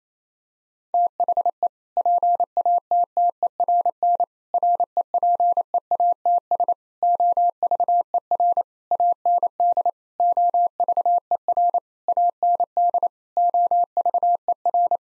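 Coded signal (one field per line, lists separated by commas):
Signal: Morse code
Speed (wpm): 28 wpm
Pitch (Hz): 700 Hz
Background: none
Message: THE PATTERN REPEATS OVER AND OVER AND OVER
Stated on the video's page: Morse practice sentences of common six-word phrases at 28 wpm, each sent, then spoken, then sent again; first words spoken beforehand.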